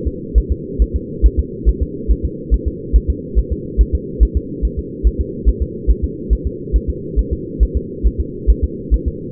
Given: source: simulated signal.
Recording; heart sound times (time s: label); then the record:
fetal heart sounds
0.07 s: S2
0.38 s: S1
0.52 s: S2
0.82 s: S1
0.96 s: S2
1.26 s: S1
1.40 s: S2
1.69 s: S1
1.83 s: S2
2.11 s: S1
2.25 s: S2
2.54 s: S1
2.68 s: S2
2.96 s: S1
3.10 s: S2
3.38 s: S1
3.52 s: S2
3.81 s: S1
3.95 s: S2
4.23 s: S1
4.37 s: S2
4.65 s: S1
4.79 s: S2
5.07 s: S1
5.21 s: S2
5.49 s: S1
5.62 s: S2
5.91 s: S1
6.04 s: S2
6.33 s: S1
6.47 s: S2
6.76 s: S1
6.90 s: S2
7.19 s: S1
7.33 s: S2
7.63 s: S1
7.77 s: S2
8.06 s: S1
8.20 s: S2
8.50 s: S1
8.64 s: S2
8.94 s: S1
9.08 s: S2
From the record:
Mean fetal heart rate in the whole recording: 140 bpm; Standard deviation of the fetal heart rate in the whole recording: 2 bpm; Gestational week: 34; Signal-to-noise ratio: -4.1 dB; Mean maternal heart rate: no maternal heart sound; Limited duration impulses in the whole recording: absent